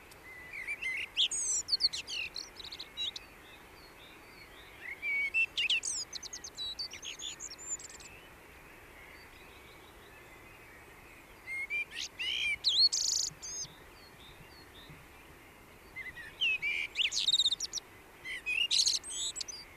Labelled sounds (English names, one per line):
Common Blackbird song